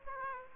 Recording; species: mosquito wingbeat signal from an infrared sensor; Aedes aegypti